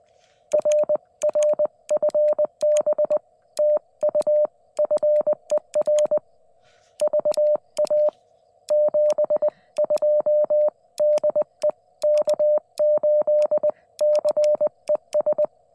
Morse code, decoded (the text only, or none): RR FB TU FER VA 72 DE K8CES